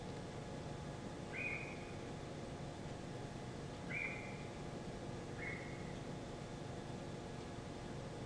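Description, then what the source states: Deer calling with three brief, thin whistles spaced apart, against constant low background hum and hiss. Recorded on 22 November 2023 at 19:39.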